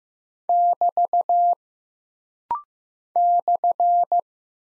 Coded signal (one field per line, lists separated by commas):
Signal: Morse code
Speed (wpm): 15 wpm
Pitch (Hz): 700 Hz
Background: none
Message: <BT> /